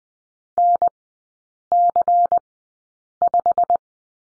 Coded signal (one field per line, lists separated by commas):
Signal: Morse code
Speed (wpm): 20 wpm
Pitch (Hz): 700 Hz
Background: none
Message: NC5